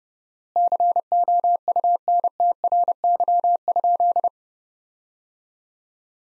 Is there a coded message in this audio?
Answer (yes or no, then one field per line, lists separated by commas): yes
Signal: Morse code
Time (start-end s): 0.6-4.3 s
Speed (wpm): 30 wpm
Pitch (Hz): 700 Hz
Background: none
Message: COUNTRY?